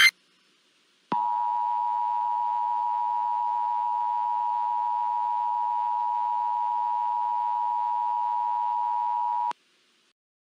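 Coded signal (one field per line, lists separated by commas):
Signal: Emergency Alert System (SAME) tones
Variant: 853 and 960 Hz attention tone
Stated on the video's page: SAME alert that interrupted a children's cartoon broadcast.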